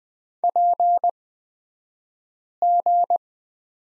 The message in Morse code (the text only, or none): PG